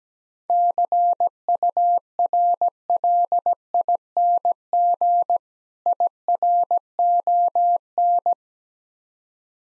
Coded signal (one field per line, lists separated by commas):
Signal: Morse code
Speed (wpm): 17 wpm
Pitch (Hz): 700 Hz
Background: none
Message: CURLING IRON